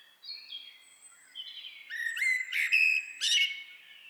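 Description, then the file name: Common blackbird calls: high thin whistles give way to a run of louder, harsh chattering notes. "Turdus merula"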